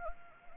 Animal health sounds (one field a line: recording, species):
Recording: mosquito wingbeat signal from an infrared sensor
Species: Anopheles arabiensis